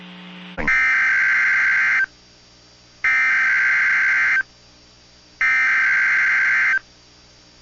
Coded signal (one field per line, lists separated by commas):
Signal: Emergency Alert System (SAME) tones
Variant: header bursts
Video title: EAS 2061-2069 (9/21-9/28/22)